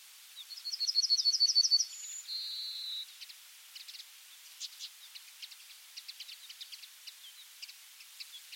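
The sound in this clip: Pine bunting singing one phrase of fast high chirps, a thin whistle and a buzzy closing note, then faint scattered high chips and twitters continue.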